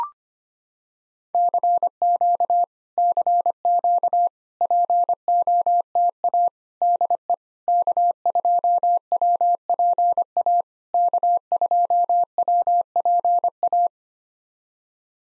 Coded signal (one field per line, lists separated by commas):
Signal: Morse code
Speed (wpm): 25 wpm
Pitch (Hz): 700 Hz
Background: none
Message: CQ CQ POTA DE K2WPA K2WPA